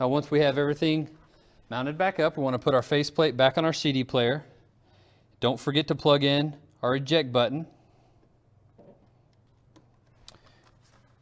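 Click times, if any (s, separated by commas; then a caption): 10.3 s. Someone talks while putting a plastic faceplate back onto a CD player head unit during a retrofit install, with the eject button plugged in first. After the talking stops, a few faint taps lead to a sharp click at 10.3 s as the faceplate snaps into place and is seated.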